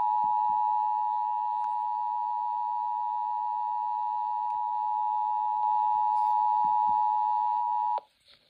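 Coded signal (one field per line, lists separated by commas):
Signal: Emergency Alert System (SAME) tones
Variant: 853 and 960 Hz attention tone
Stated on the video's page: Amber Alert relayed on a radio station.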